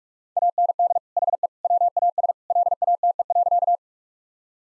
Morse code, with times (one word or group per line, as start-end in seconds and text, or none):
0.4-1.0 AND
1.2-1.5 HE
1.6-2.3 WAS
2.5-3.8 LATE.